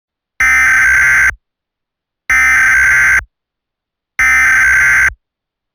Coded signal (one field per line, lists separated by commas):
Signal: Emergency Alert System (SAME) tones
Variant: header bursts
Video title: Eas Scenario The Superior Race Part2